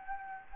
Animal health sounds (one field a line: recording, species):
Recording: mosquito wingbeat signal from an infrared sensor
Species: Anopheles gambiae